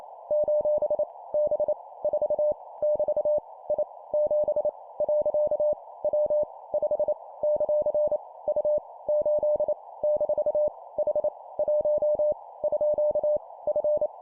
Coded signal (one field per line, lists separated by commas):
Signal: Morse code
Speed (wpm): 28 wpm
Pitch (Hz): 600 Hz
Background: none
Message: : B 4 <BT> I 7 . W 5 ; U 8 - H 1 _ F